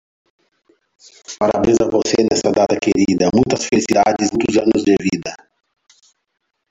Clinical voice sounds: short text; Brazilian Portuguese; male; 40 to 49 years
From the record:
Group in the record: control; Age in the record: 45 years

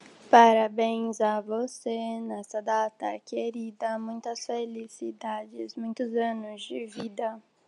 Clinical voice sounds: short text; Brazilian Portuguese; female; 18 to 19 years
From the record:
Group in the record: control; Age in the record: 18 years

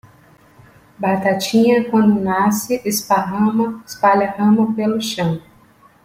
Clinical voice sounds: short text; Brazilian Portuguese; female; 30 to 39 years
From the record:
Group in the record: control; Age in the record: 39 years

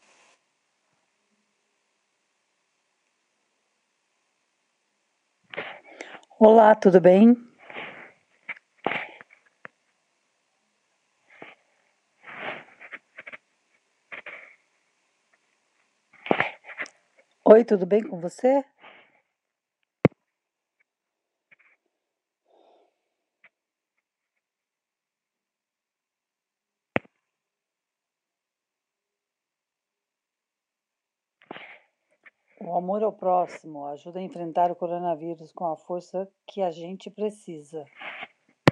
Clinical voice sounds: spoken sentence; Brazilian Portuguese; female; 50 to 59 years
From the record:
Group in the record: control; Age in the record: 54 years

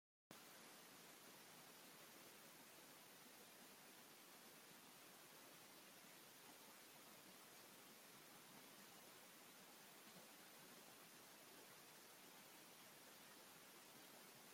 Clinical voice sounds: short text; Brazilian Portuguese; male; 50 to 59 years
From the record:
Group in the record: control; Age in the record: 55 years

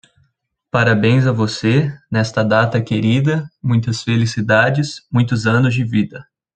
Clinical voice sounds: short text; Brazilian Portuguese; male; 20 to 29 years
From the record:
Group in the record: control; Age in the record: 22 years

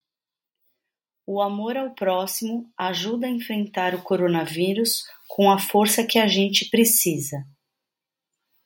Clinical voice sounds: spoken sentence; Brazilian Portuguese; female; 40 to 49 years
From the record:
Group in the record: control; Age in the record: 47 years

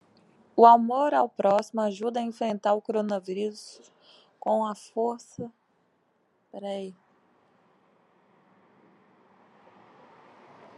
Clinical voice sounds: spoken sentence; Brazilian Portuguese; female; 30 to 39 years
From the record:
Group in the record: control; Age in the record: 31 years

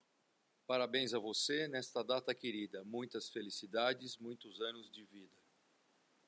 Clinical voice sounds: short text; Brazilian Portuguese; male; 50 to 59 years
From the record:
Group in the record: control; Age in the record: 55 years

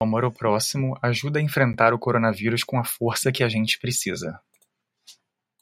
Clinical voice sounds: spoken sentence; Brazilian Portuguese; male; 30 to 39 years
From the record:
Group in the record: control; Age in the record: 34 years

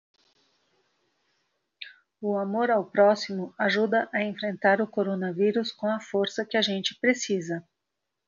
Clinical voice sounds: spoken sentence; Brazilian Portuguese; female; 40 to 49 years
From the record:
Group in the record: control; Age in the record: 49 years

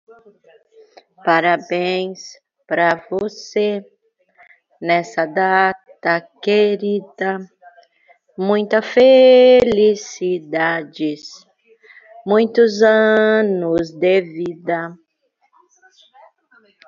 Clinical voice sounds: short text; Brazilian Portuguese; female; 40 to 49 years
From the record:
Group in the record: control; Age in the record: 45 years

